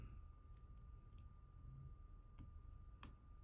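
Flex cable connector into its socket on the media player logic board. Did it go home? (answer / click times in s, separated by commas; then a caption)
yes / 3.0 s. During reassembly of an iPod Nano 5th generation, a flex cable connector is pressed onto its socket on the logic board for a test fit. A few faint ticks come before it over a steady high hum, then the connector seats with a sharp click at 3.0 s.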